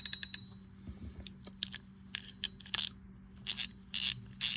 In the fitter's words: Make sure it drops down to where you can hear the click.